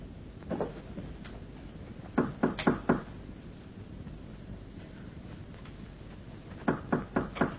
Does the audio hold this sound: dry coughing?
no